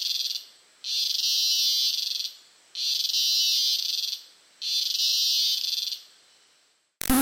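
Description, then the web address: Cicada giving a shrill, continuous buzz in repeated bursts with short pauses, ending in a sudden sharp click. Costa Rica. "Big Room Sound Insect Ciccada CU Costa Rica"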